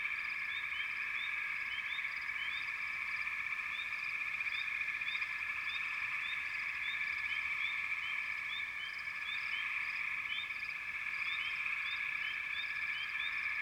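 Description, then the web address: Dense frog chorus: a continuous high, reedy trill crowded with rapid rising chirps throughout, no other sounds apparent. Frog chorus recorded in the American wilds. "Enter Natures Songs Nature Sounds The Natural Sounds of the Wilderness 10 CDs collection Echoes of Nature - American Wilds Frog Chourus"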